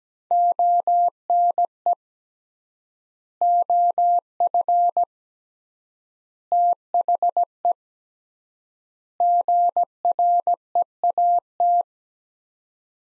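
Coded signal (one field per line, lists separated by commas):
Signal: Morse code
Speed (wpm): 17 wpm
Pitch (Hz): 700 Hz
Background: none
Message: ONE OF THE GREAT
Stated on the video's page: Morse practice set of four-word groups at 17 wpm with 3x word spacing, a Farnsworth-like method using words, for head-copy training.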